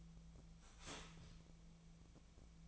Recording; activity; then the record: daily activity, microphone in the room; start toaster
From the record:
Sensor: 1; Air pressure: 1009.2 hPa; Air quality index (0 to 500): 195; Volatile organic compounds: 19 ppm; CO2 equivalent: 2662 ppm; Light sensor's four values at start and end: 26/67/28/33 and 26/66/27/32